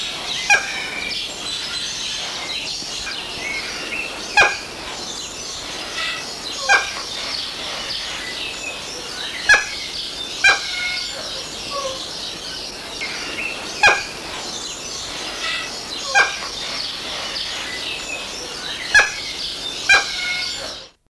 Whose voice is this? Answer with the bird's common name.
Long-billed Corella